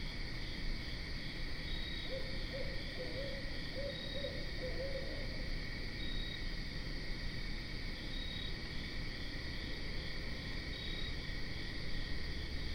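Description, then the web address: Barred owl giving a faint run of low hoots early, set against continuous high insect chirring and low background noise. Recorded 12 September 2010. "Barred Owl 2010 09 12"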